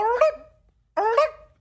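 Canada goose honks, two loud nasal calls about one second apart with quiet between them.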